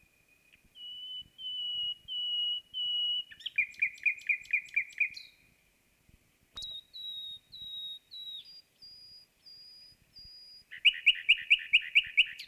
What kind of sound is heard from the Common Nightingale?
song